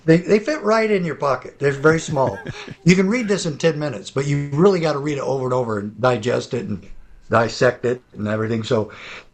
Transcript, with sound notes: they fit right in your pocket. They're very small.
(laughs)
You can read this in 10 minutes, but you really got to read it over and over and digest it and dissect it and everything.